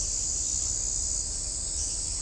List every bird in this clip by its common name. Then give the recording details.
none. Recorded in shrubland near Pivijay, Magdalena, Colombia, on 4 June 2023 at 03:30. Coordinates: 10.453, -74.365. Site P5-G022